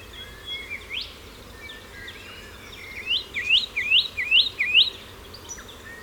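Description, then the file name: Satin flycatcher giving a series of five sharp, rising whistled notes at an even pace, preceded by softer scattered chips, with low background hiss. "Myiagra Cyanoleuca"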